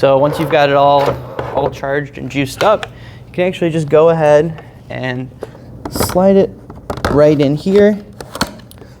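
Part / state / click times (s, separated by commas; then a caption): battery pack into backpack vacuum housing / seated / 8.4 s. A 40 V lithium-ion battery pack is slid into the bottom housing of a Hoover HVRPWR cordless backpack vacuum cleaner while someone talks. A cluster of sharp clicks follows near the end, with the pack latching with a satisfying click at 8.4 s, seated.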